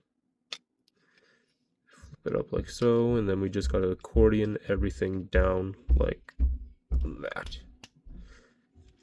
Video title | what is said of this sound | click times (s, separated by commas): [Where is David Hasselhoff???] #transformers Collaborative Agent knight | Here. Click into place. Make sure that's sitting flat. | 7.8 s